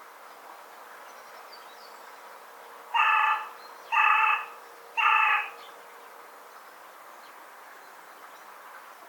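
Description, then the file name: Carrion crow calling a quick series of three short, harsh caws about a second apart, followed by quiet with faint background hiss. "Corvus corone"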